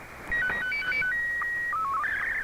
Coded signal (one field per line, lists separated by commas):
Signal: SSTV (slow-scan television)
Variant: Scottie 2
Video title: Recap of Pirate Radio Activity Friday 9 September 2022